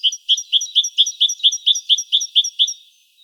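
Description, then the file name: Great tit giving fast repeated high chirps, many crisp notes in a row at a steady pace, fading out at the end. "Parus major"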